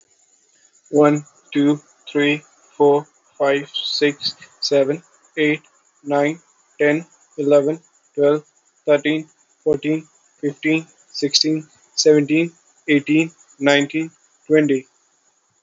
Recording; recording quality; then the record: counting at a normal pace; excellent, no background noise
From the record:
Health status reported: healthy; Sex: male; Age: 21 years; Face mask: not worn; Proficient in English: yes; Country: India